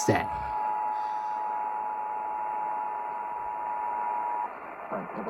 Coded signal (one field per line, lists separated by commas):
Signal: Emergency Alert System (SAME) tones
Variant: 853 and 960 Hz attention tone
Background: speech